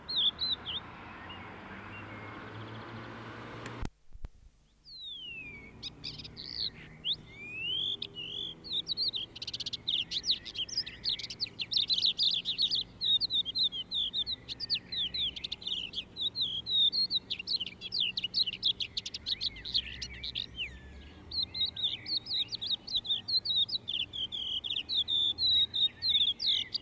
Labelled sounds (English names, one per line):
Crested Lark song